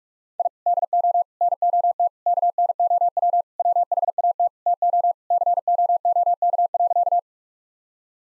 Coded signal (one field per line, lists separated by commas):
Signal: Morse code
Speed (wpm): 46 wpm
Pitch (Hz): 700 Hz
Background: none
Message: I DO NOT KNOW WHAT TO COOK.